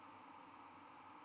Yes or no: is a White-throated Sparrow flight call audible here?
no